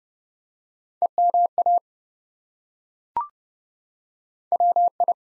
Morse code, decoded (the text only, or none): EMA WI